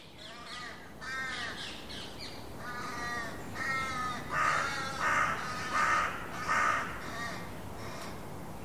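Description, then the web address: Bird calling with a long series of harsh, nasal caws, about one every three-quarters of a second, with a steady low background hum. "Deverinetal 2025 File origin Bird Only"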